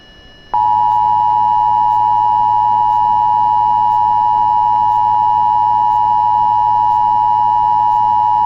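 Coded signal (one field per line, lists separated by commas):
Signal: Emergency Alert System (SAME) tones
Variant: 853 and 960 Hz attention tone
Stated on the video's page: Civil Danger Warning caught over an online stream, issued by civil authority over a person with a knife.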